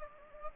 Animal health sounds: mosquito wingbeat signal from an infrared sensor; Anopheles gambiae

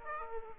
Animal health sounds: mosquito wingbeat signal from an infrared sensor; Aedes aegypti

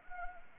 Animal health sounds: mosquito wingbeat signal from an infrared sensor; Anopheles arabiensis

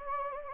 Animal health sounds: mosquito wingbeat signal from an infrared sensor; Anopheles gambiae

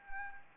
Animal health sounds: mosquito wingbeat signal from an infrared sensor; Anopheles arabiensis

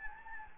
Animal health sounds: mosquito wingbeat signal from an infrared sensor; Anopheles gambiae

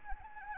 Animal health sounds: mosquito wingbeat signal from an infrared sensor; Anopheles gambiae

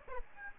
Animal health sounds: mosquito wingbeat signal from an infrared sensor; Aedes albopictus

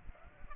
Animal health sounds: mosquito wingbeat signal from an infrared sensor; Aedes aegypti

